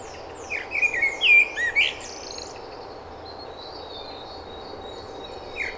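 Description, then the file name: Common blackbird song: a brief run of rich, fluty whistled notes rising and falling, with a high squeaky note, then mostly quiet hiss and a faint later chirp. "Turdus merula"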